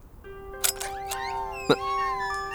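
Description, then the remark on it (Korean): Several small kittens, the young of a mother cat, mew outside a door in thin, high-pitched, overlapping cries that rise and fall, over a steady low hum with a couple of sharp clicks. “뭐야, 이 문 밖에 있는 고양이들은? 너 가족이 있었던 거냐? 다들 새끼 고양이인 걸 보니 네가 어미 고양이인 게로군.”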